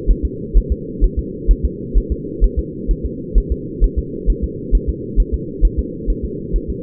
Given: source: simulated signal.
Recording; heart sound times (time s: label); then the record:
fetal heart sounds
0.11 s: S1
0.25 s: S2
0.57 s: S1
0.72 s: S2
1.04 s: S1
1.19 s: S2
1.51 s: S1
1.65 s: S2
1.97 s: S1
2.12 s: S2
2.44 s: S1
2.59 s: S2
2.91 s: S1
3.05 s: S2
3.38 s: S1
3.52 s: S2
3.84 s: S1
3.98 s: S2
4.30 s: S1
4.44 s: S2
4.75 s: S1
4.89 s: S2
5.20 s: S1
5.34 s: S2
5.65 s: S1
5.79 s: S2
6.10 s: S1
6.25 s: S2
6.56 s: S1
6.70 s: S2
From the record:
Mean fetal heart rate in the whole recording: 130 bpm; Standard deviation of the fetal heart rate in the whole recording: 2 bpm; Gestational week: 36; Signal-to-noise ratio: -4.1 dB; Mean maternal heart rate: no maternal heart sound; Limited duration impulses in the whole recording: absent